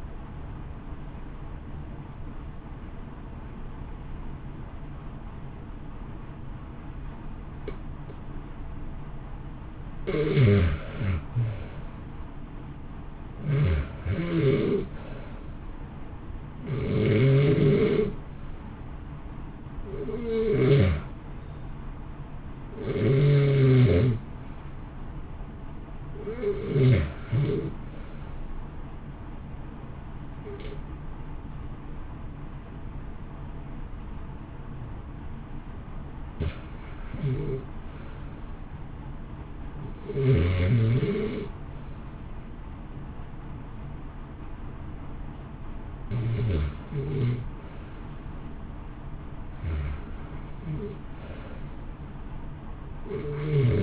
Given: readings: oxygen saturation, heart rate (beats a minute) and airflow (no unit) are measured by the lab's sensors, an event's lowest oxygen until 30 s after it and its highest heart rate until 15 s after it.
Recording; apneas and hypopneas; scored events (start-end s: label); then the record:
breathing in sleep by a smartphone at the bedside; 1
26.00-38.00 s: hypopnea (REM, oxygen 89% highest, then 79% lowest, heart rate 62 at the start, 62 highest)
From the record:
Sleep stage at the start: REM sleep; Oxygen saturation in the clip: 64 to 89%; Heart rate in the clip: 57 to 66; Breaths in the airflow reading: 17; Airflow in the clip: -0.8 to 1.9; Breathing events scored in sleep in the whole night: 328 in 6.3 hours asleep